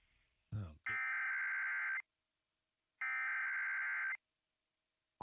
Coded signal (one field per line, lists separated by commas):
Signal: Emergency Alert System (SAME) tones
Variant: header bursts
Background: speech